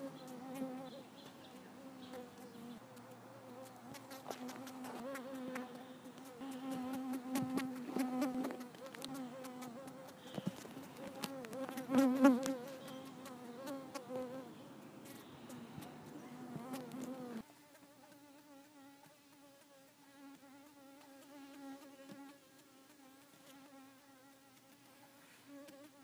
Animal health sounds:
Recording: mosquito flight sound by mobile phone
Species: Culiseta incidens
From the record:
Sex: female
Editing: snipped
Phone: iPhone 4S

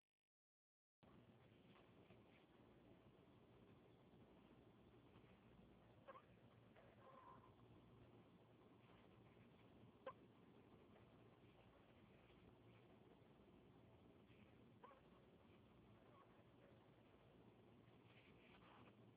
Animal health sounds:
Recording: mosquito flight sound by mobile phone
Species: Anopheles gambiae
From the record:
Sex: female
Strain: Kisumu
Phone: Huawei 866C

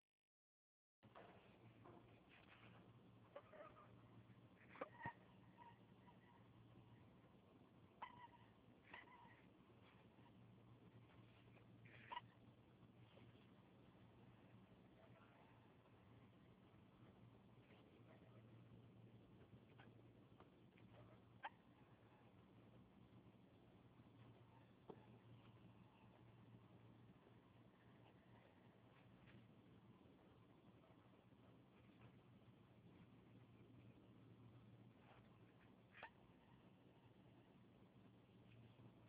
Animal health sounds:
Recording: mosquito flight sound by mobile phone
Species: Anopheles farauti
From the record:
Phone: Huawei 866C

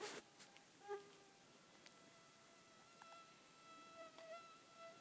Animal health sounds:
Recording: mosquito flight sound by mobile phone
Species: Aedes sierrensis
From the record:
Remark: two mosquitoes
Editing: cut to the mosquito's sound

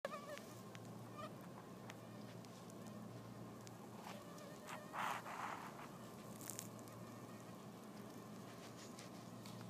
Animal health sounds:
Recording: mosquito flight sound by mobile phone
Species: Anopheles gambiae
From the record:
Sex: female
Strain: Kisumu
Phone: iPhone 4S

